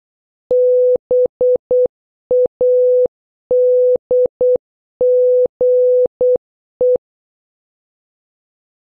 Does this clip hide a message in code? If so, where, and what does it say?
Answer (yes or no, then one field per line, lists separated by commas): yes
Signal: Morse code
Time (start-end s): 0.5-7.0 s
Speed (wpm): 5 wpm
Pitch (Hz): 500 Hz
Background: none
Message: BADGE